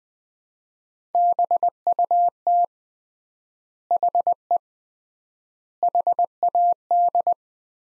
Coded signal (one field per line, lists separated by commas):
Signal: Morse code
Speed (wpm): 20 wpm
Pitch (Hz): 700 Hz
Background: none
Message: BUT HE HAD